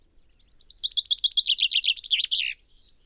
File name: Fringilla coelebs